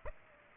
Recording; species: mosquito wingbeat signal from an infrared sensor; Aedes aegypti